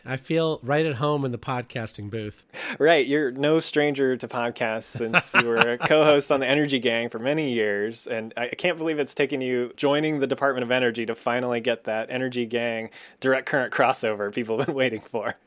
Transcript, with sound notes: I feel right at home in the podcasting booth.
Right. You’re no stranger to podcasts. (LAUGHS) Since you were a co-host on “The Energy Gang” for many years. And I can’t believe it’s taken you this long, you know, joining the Department of Energy, to finally get that Energy Gang-Direct Current crossover people have been waiting for.